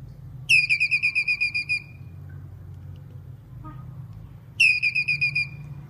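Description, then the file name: Squirrel call, two bursts of fast, high-pitched pulsed notes, the first longer with about ten pulses, against a low steady hum. Male calling. "Tieng soc duc keu"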